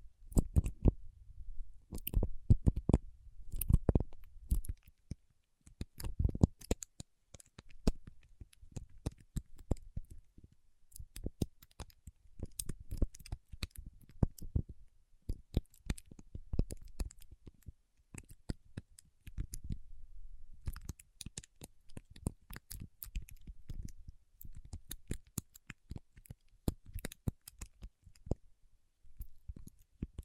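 Paraffin wax is peeled, tapped and scratched in a steady run of dry, crisp clicks and snaps that crowd closely together throughout. Heavier thumps with a low body cluster in the first seven seconds, and lighter, quieter crackling carries on to the end.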